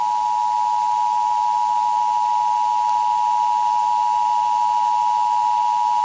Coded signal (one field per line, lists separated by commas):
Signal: Emergency Alert System (SAME) tones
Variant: 853 and 960 Hz attention tone